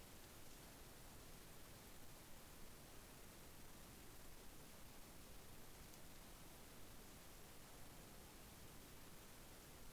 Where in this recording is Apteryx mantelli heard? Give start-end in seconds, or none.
none